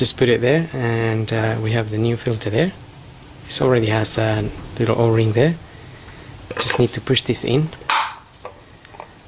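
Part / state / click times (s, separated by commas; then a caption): oil filter element into plastic filter housing cap / seated / 9.0 s. On a 2009 Audi A4 Avant 2.0 TDI, a new paper oil filter element with its small O-ring is pushed by hand onto the plastic filter housing cap while someone talks. Three small hits follow near the end, with the strongest at 9.0 s as the element clicks and seats onto the cap.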